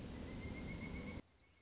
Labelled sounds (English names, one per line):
Pileated Woodpecker